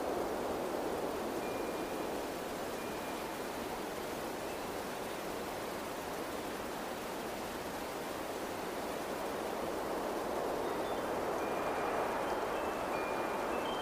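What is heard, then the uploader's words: Wind rushes steadily throughout, a thick, even roar centered in the middle range with little change in strength. Faint, thin ringing tones from wind chimes drift in briefly near the start and again toward the end, almost buried under the gusting. Wind Chimes + Windy Sounds.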